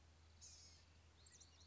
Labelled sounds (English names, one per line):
Blue-gray Gnatcatcher